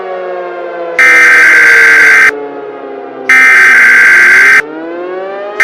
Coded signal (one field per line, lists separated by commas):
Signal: Emergency Alert System (SAME) tones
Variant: header bursts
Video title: EAS Scenario: Nuclear Trucks